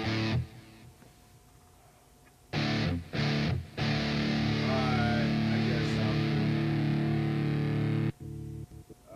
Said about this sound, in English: Yeah, maybe a little less distortion on your guitar if you can.